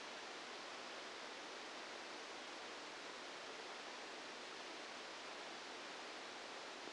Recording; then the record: brain microelectrode recording played as sound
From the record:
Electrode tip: outside the subthalamic nucleus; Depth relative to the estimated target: -8 mm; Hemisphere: left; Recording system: NeuroSet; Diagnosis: Parkinson's disease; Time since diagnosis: 9 years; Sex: male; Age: 61 years